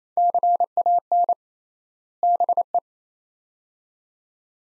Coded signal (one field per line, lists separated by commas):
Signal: Morse code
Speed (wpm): 28 wpm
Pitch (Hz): 700 Hz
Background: none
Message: CAN BE